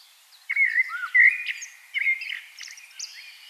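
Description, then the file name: Common blackbird song with rich whistled notes followed by fainter, scratchy high twittering, over a light background hiss. "Turdus merula"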